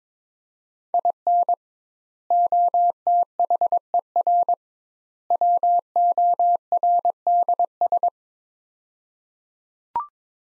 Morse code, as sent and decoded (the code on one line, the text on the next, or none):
.. -. / --- - .... . .-. / .-- --- .-. -.. ...
IN OTHER WORDS